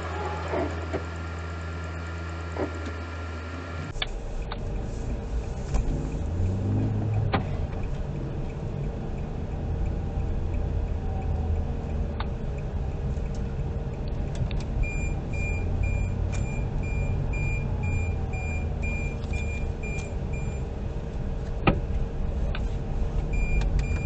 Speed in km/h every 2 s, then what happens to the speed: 0, 4, 10, 19, 28, 27, 25, 25, 24, 23, 23, 27.
0-8 pulls away to 28. 8-24 steady at about 25.